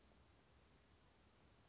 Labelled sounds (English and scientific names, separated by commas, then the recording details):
Chestnut-backed Chickadee (Poecile rufescens)
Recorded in Sonoma County, California